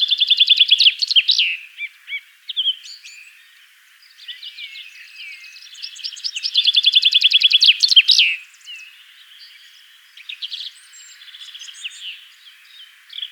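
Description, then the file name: Chaffinch song, two phrases, each a fast series of trilled notes closing with a flourish, with softer chirps between and after them. "Fringilla coelebs"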